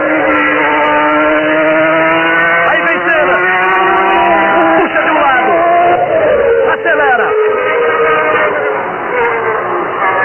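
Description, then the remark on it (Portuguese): An onboard Formula One race car engine on Senna's car screams continuously, its loud, buzzing, harmonic-rich whine sweeping up and down in pitch as the revs climb and drop through repeated gear shifts, on the final lap of a wet track while rain falls on the car's camera. “As gotas caem ali na câmera colocada no carro de Senna.”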